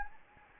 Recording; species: mosquito wingbeat signal from an infrared sensor; Anopheles gambiae